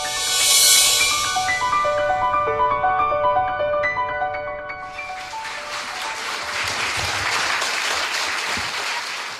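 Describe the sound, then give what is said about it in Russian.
A short melodic jingle of bright, chiming tones gives way to an audience's steady, dense applause at the start of a "Pryamaya Rech" lecture on Sergei Parajanov, filling the second half and continuing without any talk. “Это я вам должен аплодировать за то, что вы присоединились сегодня.”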